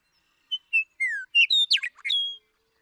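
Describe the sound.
Western meadowlark singing one flute-like phrase: a few clear whistled notes, then a jumbled gurgling flourish ending in a long high whistle.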